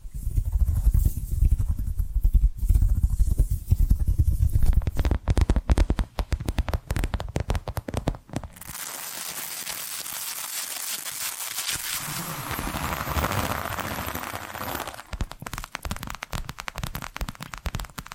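Tapping and scratching sounds: low thumping taps first, then dense rapid clicks, a steady bright scratching hiss midway, and quick tapping returning at the end.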